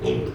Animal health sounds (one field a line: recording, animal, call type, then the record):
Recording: contact call of a hoofed animal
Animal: pig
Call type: closed-mouth grunt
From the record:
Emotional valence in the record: positive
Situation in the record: food and toys in familiar pen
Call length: 0.35 s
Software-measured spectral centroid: 1550 Hz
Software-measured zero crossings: 860 a second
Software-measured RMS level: -24 dBFS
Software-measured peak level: -12 dBFS